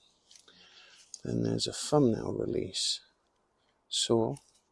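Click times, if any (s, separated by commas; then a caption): none. The thumbnail-release saw blade of a GIRIAITUS 17-in-1 metal folding multitool is handled in its handle as it is swung open, with a few faint ticks near the start while someone talks. The blade has not locked into place or clicked yet by the end.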